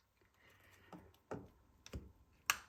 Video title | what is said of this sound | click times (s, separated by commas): Emergency Turnout Replacement | You hear that little click? That's the rail joiner kind of moving. | 2.5 s